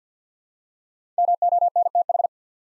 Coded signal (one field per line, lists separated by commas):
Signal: Morse code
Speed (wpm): 48 wpm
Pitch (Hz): 700 Hz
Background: none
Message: MONTH